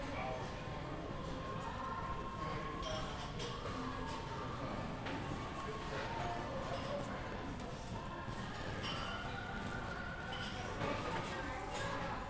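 Shoppers chatter over a steady low rolling rumble, like a cart being pushed, with scattered knocks and clatters throughout the whole stretch.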